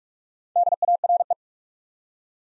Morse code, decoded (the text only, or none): DARE